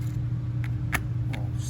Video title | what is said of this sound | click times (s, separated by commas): My first maintenance video￼ | Let's hear it all click. | 0.6 s, 0.9 s